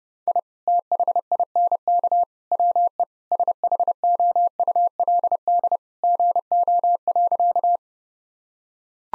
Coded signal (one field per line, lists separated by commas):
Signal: Morse code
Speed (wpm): 30 wpm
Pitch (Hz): 700 Hz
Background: none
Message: I THINK WE SHOULD GO.